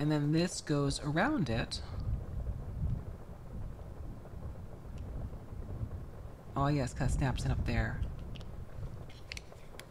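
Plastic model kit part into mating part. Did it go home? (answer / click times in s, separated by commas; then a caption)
no / none. Someone talks while handling a plastic model-kit part for an HG MS-14S Gelgoog, fitting it around another piece during assembly, with low rumbling background noise and a few faint ticks near the end. Nothing has seated or clicked yet; the clip ends before the part snaps home.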